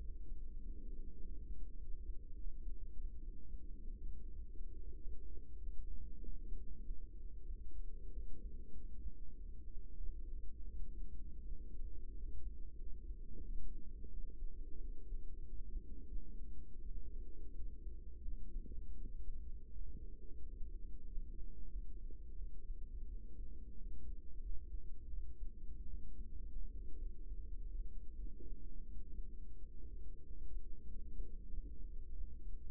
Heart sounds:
heart sounds by microphone in the right ear; 89 bpm
0.59 s: heartbeat
1.20 s: heartbeat
1.79 s: heartbeat
2.36 s: heartbeat
2.95 s: heartbeat
3.61 s: heartbeat
4.28 s: heartbeat
4.96 s: heartbeat
5.59 s: heartbeat
6.18 s: heartbeat
6.80 s: heartbeat
7.45 s: heartbeat
8.11 s: heartbeat
8.74 s: heartbeat
9.34 s: heartbeat
9.98 s: heartbeat
10.68 s: heartbeat
11.44 s: heartbeat
12.14 s: heartbeat
12.77 s: heartbeat
13.41 s: heartbeat
14.08 s: heartbeat
14.78 s: heartbeat
15.43 s: heartbeat
16.07 s: heartbeat
16.80 s: heartbeat
17.53 s: heartbeat
18.22 s: heartbeat
18.95 s: heartbeat
19.70 s: heartbeat
20.42 s: heartbeat
21.06 s: heartbeat
21.69 s: heartbeat
22.35 s: heartbeat
23.05 s: heartbeat
23.75 s: heartbeat
24.40 s: heartbeat
25.08 s: heartbeat
25.86 s: heartbeat
26.69 s: heartbeat
27.46 s: heartbeat
28.15 s: heartbeat
28.84 s: heartbeat
29.55 s: heartbeat
30.23 s: heartbeat
30.86 s: heartbeat
31.48 s: heartbeat
32.13 s: heartbeat
From the record:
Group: healthy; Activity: rest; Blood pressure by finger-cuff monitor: 140/67 mmHg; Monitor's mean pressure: 90 mmHg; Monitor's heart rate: 90 bpm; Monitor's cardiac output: 8.8 L/min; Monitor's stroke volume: 97 mL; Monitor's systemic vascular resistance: 750 dyn s/cm5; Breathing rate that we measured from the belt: 19 breaths a minute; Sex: female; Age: 24 years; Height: 163 cm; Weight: 55.7 kg

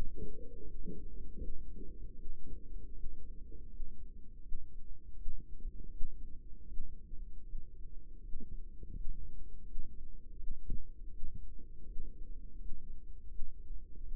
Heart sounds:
heart sounds by microphone in the right ear; 81 bpm
0.60 s: heartbeat
1.35 s: heartbeat
2.12 s: heartbeat
2.91 s: heartbeat
3.66 s: heartbeat
4.38 s: heartbeat
5.12 s: heartbeat
5.88 s: heartbeat
6.65 s: heartbeat
7.42 s: heartbeat
8.19 s: heartbeat
8.90 s: heartbeat
9.61 s: heartbeat
10.34 s: heartbeat
11.07 s: heartbeat
11.82 s: heartbeat
12.54 s: heartbeat
13.25 s: heartbeat
13.98 s: heartbeat
From the record:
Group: healthy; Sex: female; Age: 22 years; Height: 171 cm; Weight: 65.6 kg

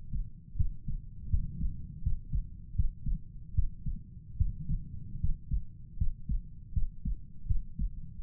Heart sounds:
heart sounds by stethoscope; 79 bpm
0.56 s: heartbeat
1.29 s: heartbeat
2.02 s: heartbeat
2.75 s: heartbeat
3.54 s: heartbeat
4.37 s: heartbeat
5.20 s: heartbeat
5.97 s: heartbeat
6.73 s: heartbeat
7.46 s: heartbeat
8.20 s: heartbeat
From the record:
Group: healthy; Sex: male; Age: 35 years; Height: 178 cm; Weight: 64 kg

